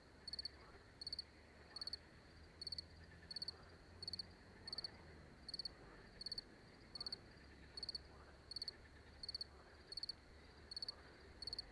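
Cricket giving regular high-pitched pulsed chirps, bursts of a few rapid clicks repeated steadily.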